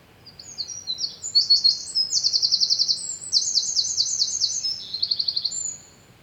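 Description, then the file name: Eurasian wren song, a fast, shrill stream of high twitters and machine-gun trills that carries on for about five seconds. "Troglodytes troglodytes"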